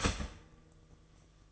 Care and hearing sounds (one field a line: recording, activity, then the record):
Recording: daily activity, microphone in the room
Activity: start toaster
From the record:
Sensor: 4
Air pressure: 1005.0 hPa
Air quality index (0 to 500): 188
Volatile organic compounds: 6 ppm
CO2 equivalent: 1845 ppm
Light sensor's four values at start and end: 18/59/22/20 and 17/57/21/20